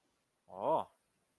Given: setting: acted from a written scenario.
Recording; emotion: vocal sound without words; neutral